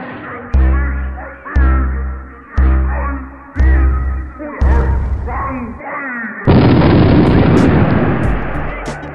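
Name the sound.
nuclear bomb explosion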